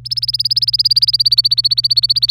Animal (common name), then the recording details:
Domestic Canary. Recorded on 25 April 2018 at 18:18. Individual llb3